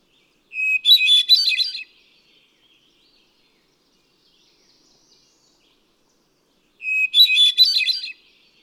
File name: Hermit Thrush